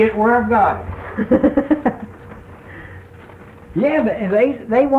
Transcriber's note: laughs